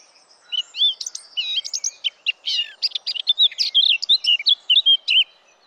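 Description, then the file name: Eurasian blackcap song: a rich, fast run of varied warbled and whistled notes, dense chattering phrases building toward the end, no other sounds clear. "Sylvia atricapilla"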